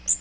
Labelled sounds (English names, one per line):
Magnolia Warbler flight call